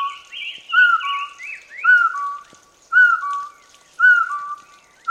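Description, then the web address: Partridge call series of clear whistles, each a sliding note followed by a lower held one, repeated roughly every second, with softer higher warbling behind. "partridge bird"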